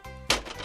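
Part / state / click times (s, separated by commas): ink tank into inkjet printer printhead / seated / 0.3 s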